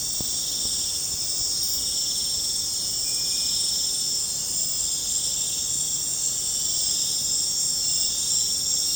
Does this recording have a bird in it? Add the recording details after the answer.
no. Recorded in pastures near Puerto Asís, Putumayo, Colombia, on 26 December 2024 at 21:00. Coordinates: 0.466, -76.322. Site G040